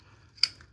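On a 2023 Nissan Frontier, the plastic wiring harness connector on an ignition coil is pushed in on its squeeze tab, and its latch clicks open with one sharp, bright click at 0.4 s over a low background hum, with fainter ticks at 0.0 s and 0.6 s. The connector is then wiggled and comes off the coil, released for removal.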